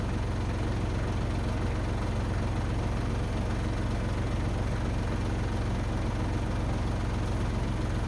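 A tractor's 3-point quick hitch is maneuvered and lined up with a snowblower frame before being pushed home, with a steady low engine idle throughout. Nothing has latched or clicked yet.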